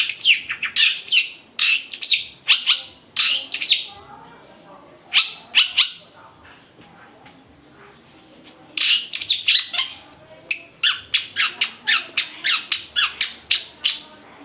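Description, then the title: Oriental magpie-robin delivering runs of sharp, high chirps, pausing mid-song before resuming with another run of notes. "Kicau Kacer"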